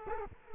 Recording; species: mosquito wingbeat signal from an infrared sensor; Culex quinquefasciatus